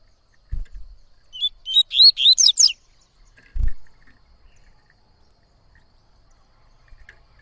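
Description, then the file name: Yellow-bellied seedeater singing one phrase of rising whistled notes ending in a buzzy trill, with two soft low thumps heard before and after it. "canto de coleiro baiano"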